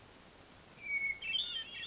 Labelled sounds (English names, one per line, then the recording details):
Hermit Thrush
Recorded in Sonoma County, California